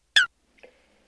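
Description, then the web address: Eurasian coot giving one sharp, explosive note that drops quickly in pitch, followed by a much fainter short sound and quiet. "Лысуха Folaga"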